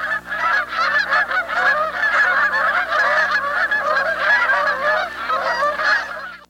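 Canada goose flock calling steadily, a dense chorus of overlapping nasal honks without a break.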